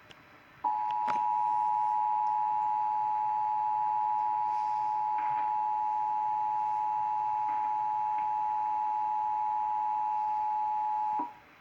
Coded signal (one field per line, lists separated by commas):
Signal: Emergency Alert System (SAME) tones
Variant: 853 and 960 Hz attention tone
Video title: THUNDERSTORMS AGAIN... EAS Alerts from 3/21/24 (EAS#830 - #870)